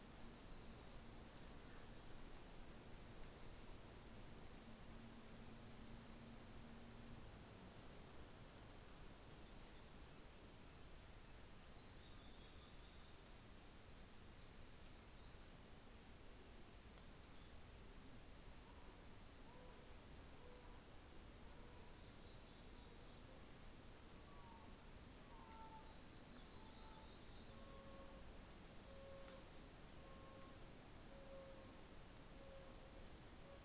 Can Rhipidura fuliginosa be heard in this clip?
yes